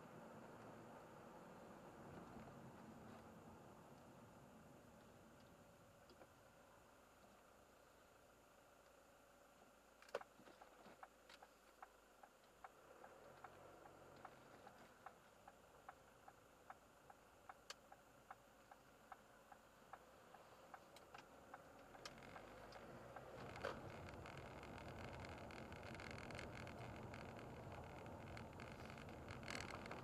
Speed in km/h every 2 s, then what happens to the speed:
32, 24, 16, 10, 5, 0, 7, 11, 11, 12, 14, 29, 30, 31, 28.
0-9 brakes to 0. 9-11 standing. 11-13 pulls away to 11. 13-20 steady at about 11. 20-22 speeds up to 29.